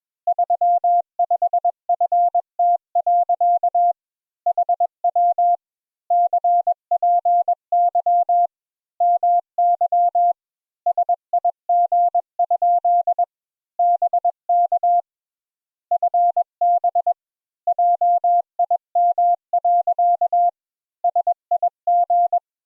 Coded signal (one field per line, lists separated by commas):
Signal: Morse code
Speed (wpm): 21 wpm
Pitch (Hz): 700 Hz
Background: none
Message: 35FT. HW CPY MY SIG? BK FB JIM. SIG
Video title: Morse Code Practice Session 1